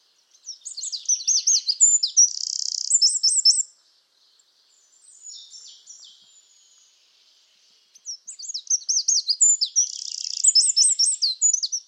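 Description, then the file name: Eurasian wren song: two loud, rapid high-pitched bursts of sharp trills and chattering notes, each about three to four seconds, separated by a softer, fainter warbling phrase in between. "Troglodytes troglodytes"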